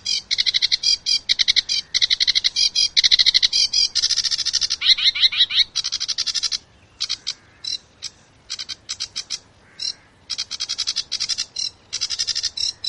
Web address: sedge warbler